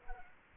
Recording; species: mosquito wingbeat signal from an infrared sensor; Culex quinquefasciatus